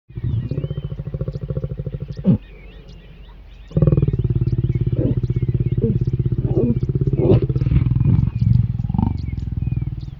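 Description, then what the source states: Lion growling, long deep pulsed rumbles that break off briefly then resume steadily, with birds twittering softly in the background. Lions mating.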